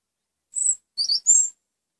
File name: Pechuguero de Gran Canaria (Erithacus Rubecula Marionae)